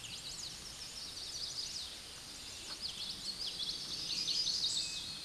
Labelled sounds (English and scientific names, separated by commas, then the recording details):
Common Yellowthroat (Geothlypis trichas) song
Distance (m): 25 m
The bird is about 5 m above the microphone
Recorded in a Pennsylvania forest on 16 May 2024 at 09:38
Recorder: AudioMoth, point MSD-2417
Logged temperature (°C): 16.4 °C
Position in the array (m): 90 m, 93 m